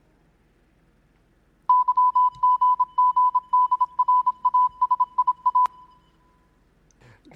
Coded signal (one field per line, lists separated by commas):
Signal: Morse code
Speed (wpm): 26 wpm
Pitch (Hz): 1000 Hz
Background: none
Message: YGGDRASIA